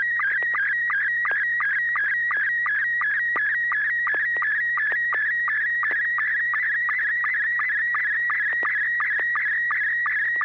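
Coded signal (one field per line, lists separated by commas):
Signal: SSTV (slow-scan television)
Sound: warbling high tone shifting quickly in pitch, with short regular lower ticks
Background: low steady hum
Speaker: the picture looks great it came across great I see a few uh blank pixels but uh really overall it's fantastic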